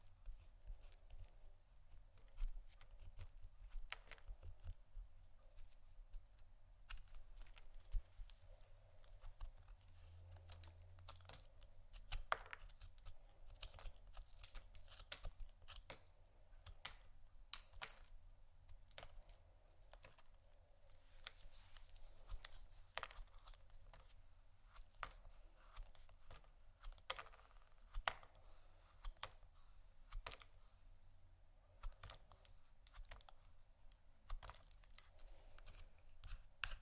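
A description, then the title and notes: Soap and candle carving: a steady run of small, sharp scrapes and clicks, irregular and fairly dense throughout, some strokes crisper than others. A low, even hum sits underneath the whole time, with a brief swell of it around eleven seconds. ASMR Soap & Candle Carving （No Talking）.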